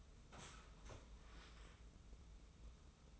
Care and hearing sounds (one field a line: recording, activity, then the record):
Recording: daily activity, microphone in the room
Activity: sit down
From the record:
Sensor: 1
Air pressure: 994.4 hPa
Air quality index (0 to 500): 221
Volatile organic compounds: 1000 ppm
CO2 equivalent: 7906 ppm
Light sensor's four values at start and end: 127/287/129/141 and 129/293/131/144